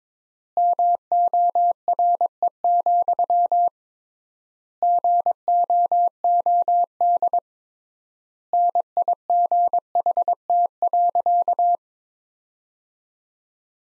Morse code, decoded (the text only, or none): MORE, GOOD NIGHT.